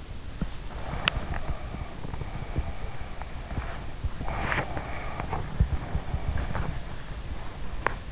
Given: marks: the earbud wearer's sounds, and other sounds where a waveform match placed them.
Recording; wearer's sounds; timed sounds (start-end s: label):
sounds in sleep by an in-ear microphone; body movement, teeth grinding, breath
0.25-8.11 s: body movement
0.46-1.88 s: teeth grinding
0.73-3.42 s: breath
3.58-6.28 s: teeth grinding
3.96-7.95 s: breath
7.82-8.11 s: teeth grinding